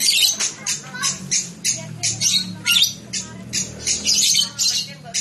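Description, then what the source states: Lovebird giving harsh, loud squawks in uneven bursts, with a faint low hum underneath. Described as konslet.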